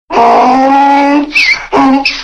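Donkey braying: a long, buzzy low-pitched haw, then a squeaky high-pitched hee note, a shorter low haw, and another hee.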